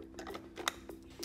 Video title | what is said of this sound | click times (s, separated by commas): Britax B-Free Clean Comfort Review - Best Strollers 2022 - Magic Beans Reviews | and there's a little snap to have extra security and then you find the other b logo on the other side and you snap it in | 0.7 s